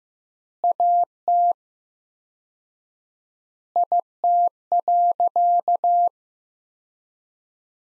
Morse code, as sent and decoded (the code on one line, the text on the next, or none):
.- - / .. - .-.-.-
AT IT.